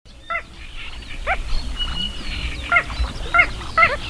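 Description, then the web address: Little crake giving scattered short yapping notes, a few in the first half and a quicker cluster near the end, among other faint bird calls and background hum. "agykontroll Madardalok Cd 3. Kis vízicsibe"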